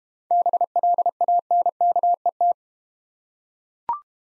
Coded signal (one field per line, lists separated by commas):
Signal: Morse code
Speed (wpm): 31 wpm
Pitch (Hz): 700 Hz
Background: none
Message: BLANKET